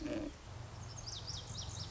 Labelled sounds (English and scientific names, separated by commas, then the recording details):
Lazuli Bunting (Passerina amoena)
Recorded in Sonoma County, California